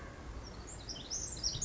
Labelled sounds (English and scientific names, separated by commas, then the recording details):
Pacific Wren (Troglodytes pacificus)
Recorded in Sonoma County, California